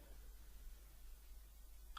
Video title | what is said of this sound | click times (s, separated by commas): How to install An AMD Graphics Card | get in place and press down evenly across the graphics card firmly until the clip locks in place | 2.0 s